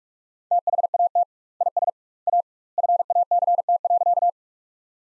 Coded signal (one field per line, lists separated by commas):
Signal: Morse code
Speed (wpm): 42 wpm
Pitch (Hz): 700 Hz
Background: none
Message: THAT IS A FACT.